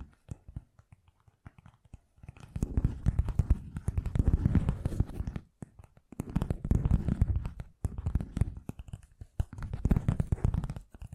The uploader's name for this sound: Fast & Gentle Tapping